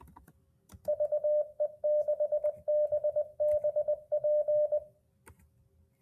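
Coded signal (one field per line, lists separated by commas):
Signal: Morse code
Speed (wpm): 20 wpm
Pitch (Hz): 600 Hz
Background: none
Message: VE6BBP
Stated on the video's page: Demonstration of a CW trainer emulating Morse Runner and RufzXP.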